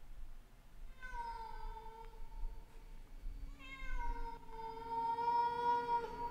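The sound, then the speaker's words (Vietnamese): A large black cat on the neighbouring roof meows from a distance in two long, drawn-out yowls. Each one is wavering and slightly descending, with a short pause between them, over a low steady background rumble. “Chị Xính nhặt lấy viên đá, đang định ném, thì có tiếng con mèo văng vẳng kêu lên.”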